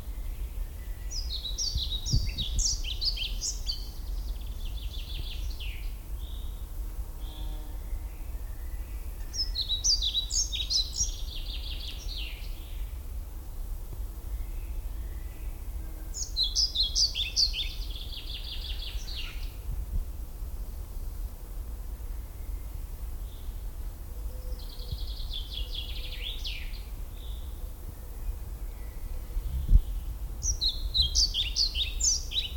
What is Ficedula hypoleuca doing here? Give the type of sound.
song